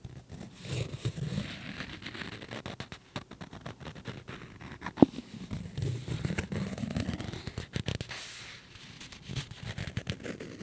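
A business card is handled and played with, giving a continuous run of dry scraping, flicking and crackling sounds. The noises come in dense, irregular bursts with short quieter gaps, and one sharp snap stands out around the five-second mark.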